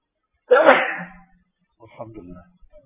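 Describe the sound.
A single sharp, forceful sneeze bursts out and trails off over about half a second. After a short pause, someone speaks a few quiet words.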